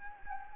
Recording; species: mosquito wingbeat signal from an infrared sensor; Anopheles gambiae